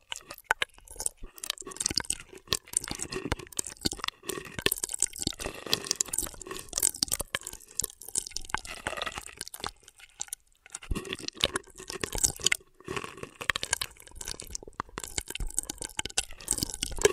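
Straw sounds come as dense bursts of crackly, wet, crunchy clicks and slurps, steady through most of the recording, with brief pauses near 10 seconds.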